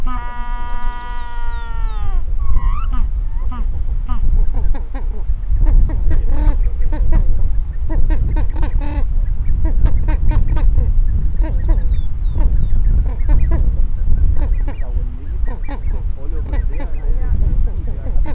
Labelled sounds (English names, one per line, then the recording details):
Gentoo Penguin
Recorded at the colony at Isla Martillo, on 8 December 2015
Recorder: Song Meter SM2+